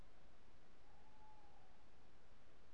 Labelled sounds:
Tawny Owl
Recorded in Germany
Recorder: ecoPi

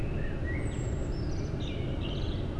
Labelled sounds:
Common Blackbird
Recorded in Germany
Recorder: ecoPi

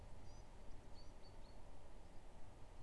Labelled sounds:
Common Chaffinch
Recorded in Germany
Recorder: ecoPi

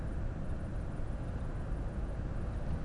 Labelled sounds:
none
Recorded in Germany
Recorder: ecoPi

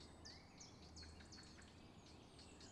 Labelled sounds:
Eurasian Blackcap
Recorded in Germany
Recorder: ecoPi

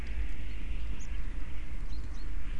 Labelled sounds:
Common Chaffinch
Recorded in Germany
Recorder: ecoPi

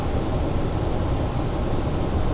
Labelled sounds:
Great Tit
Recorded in Germany
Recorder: ecoPi

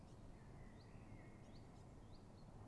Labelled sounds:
Common Blackbird
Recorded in Germany
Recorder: ecoPi

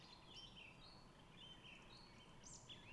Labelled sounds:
Song Thrush
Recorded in Germany
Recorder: ecoPi

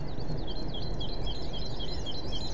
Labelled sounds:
Great Tit
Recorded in Germany
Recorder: ecoPi

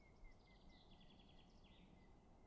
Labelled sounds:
Common Chaffinch
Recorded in Germany
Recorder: ecoPi

